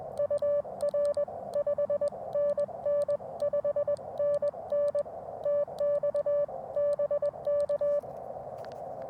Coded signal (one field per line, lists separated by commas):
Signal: Morse code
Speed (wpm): 21 wpm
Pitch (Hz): 580 Hz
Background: none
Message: UR 5 NN 5 NN TX BK